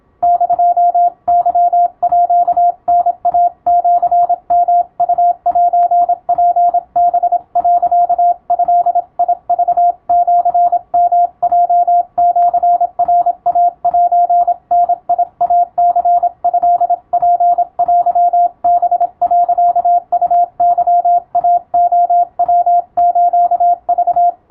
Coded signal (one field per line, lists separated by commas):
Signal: Morse code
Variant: Japanese Wabun code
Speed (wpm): 26 wpm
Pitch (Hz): 700 Hz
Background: radio noise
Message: <DO>ケータイシヨウセツハ、ドクシヨヲシナイセダイニトツテハ、ウケイレヤスク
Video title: 青春カムバック！懐かしいモールス通信をもう一度聞き直してみよう！YouTubeの再生速度を調整して受信練習を始めてみませんか(morse code practice radio operator )